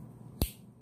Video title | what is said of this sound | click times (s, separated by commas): (54) Marbles Workman Knife MR265 | that Philips got a nice little clique to it when it ends it's | 0.4 s